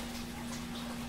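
The pan of a raccoon trap is being pressed down toward the point where the trigger dog catches, but nothing has seated or clicked yet. Only a steady, even wash of broadband noise is heard, with a constant low hum near 230 Hz and no sharp sounds throughout the 1.2 seconds.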